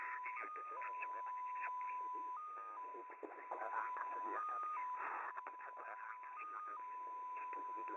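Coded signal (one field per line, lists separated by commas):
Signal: multi-tone FSK (Olivia or MFSK type)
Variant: XPA2 14-tone MFSK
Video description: XPA2 is a digital mode of the Russian 7 operator. It utilizes a custom 14-tone MFSK system.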